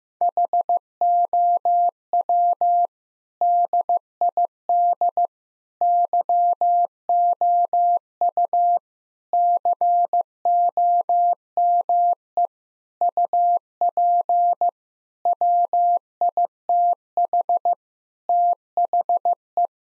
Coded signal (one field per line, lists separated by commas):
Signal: Morse code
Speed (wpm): 15 wpm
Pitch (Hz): 700 Hz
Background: none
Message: HOW DID YOU COME UP WITH THE